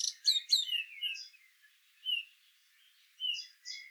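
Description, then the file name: Common blackbird giving slurred, mostly falling whistles mixed with sharp high notes, in short phrases separated by pauses. "Turdus merula"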